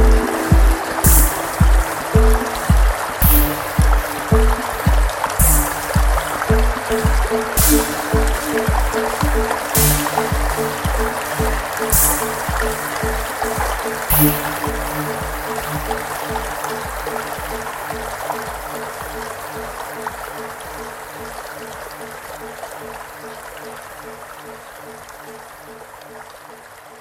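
Water rushes steadily near a waterfall while a rapid, regular low thumping, about two beats per second, runs throughout and slowly fades over the clip. Sharp bright clicks, like rocks knocking, land every two seconds or so through the first half, with a faint low hum beneath.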